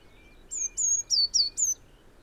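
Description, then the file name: Eurasian blue tit giving five short, high-pitched whistles, some level and some falling. "Cyanistes caeruleus"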